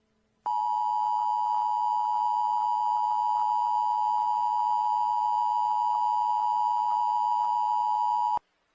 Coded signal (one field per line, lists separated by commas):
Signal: Emergency Alert System (SAME) tones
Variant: 853 and 960 Hz attention tone